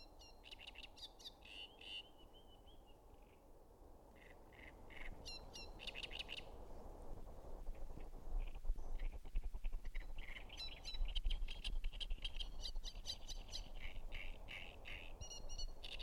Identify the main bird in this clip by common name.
Great Reed Warbler